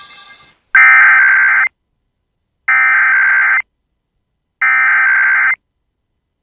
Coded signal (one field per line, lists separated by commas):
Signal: Emergency Alert System (SAME) tones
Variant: header bursts